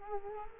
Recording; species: mosquito wingbeat signal from an infrared sensor; Culex quinquefasciatus